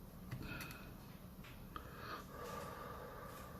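A small part on a Vtech BM4600 baby monitor is squeezed with tweezers while heat is applied, in an attempt to make one side click into its seat. Soft breathy noise with faint tonal hums is heard, with a brief tick at about 0.3 s and a sharper tick at about 1.8 s. The part does not seat, so nothing has clicked into place.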